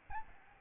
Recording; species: mosquito wingbeat signal from an infrared sensor; Aedes albopictus